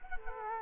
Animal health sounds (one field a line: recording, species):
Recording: mosquito wingbeat signal from an infrared sensor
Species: Culex quinquefasciatus